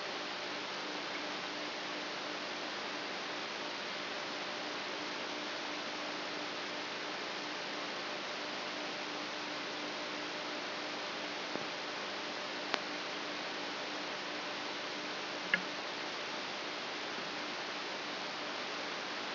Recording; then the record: brain microelectrode recording played as sound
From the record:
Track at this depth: inside the subthalamic nucleus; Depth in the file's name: 8.137 mm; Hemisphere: left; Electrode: 3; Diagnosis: Parkinson's disease